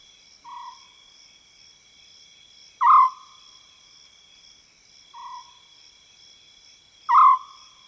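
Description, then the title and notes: African scops owl calls: short notes repeated roughly every two seconds, two louder and two softer, over continuous insect drone. Wild African scops owl in South Luangwa savanna woodland. "African Scops Owl In The Savanna. the call of the African scops owl, recorded in the wild expanse that is the South Luangwa savanna woodland"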